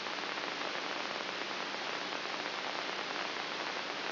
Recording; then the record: brain microelectrode recording played as sound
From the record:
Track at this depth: inside the subthalamic nucleus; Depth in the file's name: 5.44 mm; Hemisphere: right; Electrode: 3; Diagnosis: Parkinson's disease